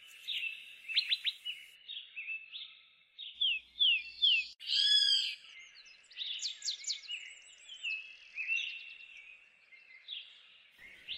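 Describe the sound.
Bird song with repeated downslurred whistles and quick notes, a loud burst midway, and many birds calling together.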